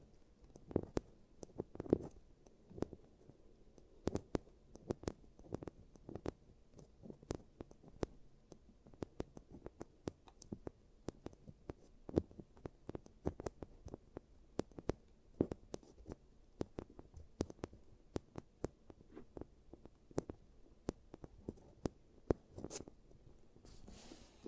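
Giant teeth treatment sounds made of sharp clicks and taps that come irregularly, several each second, some crisp and bright, others duller. A low, soft rumble runs underneath the whole time, and a slightly louder burst of clicks arrives near the end.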